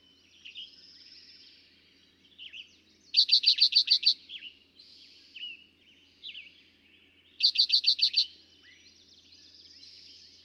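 Two Eastern towhee songs, each a quick ringing trill of roughly seven notes, separated by a few seconds of faint chirping.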